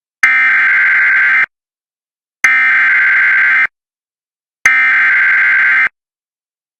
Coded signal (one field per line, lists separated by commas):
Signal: Emergency Alert System (SAME) tones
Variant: header bursts